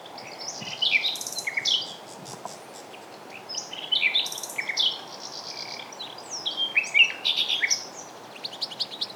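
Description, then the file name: Common nightingale song: bursts of varied high chirps and sweeping whistled notes, several separate phrases with short pauses, over a steady background hiss. "Luscinia megarhynchos"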